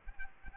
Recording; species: mosquito wingbeat signal from an infrared sensor; Aedes aegypti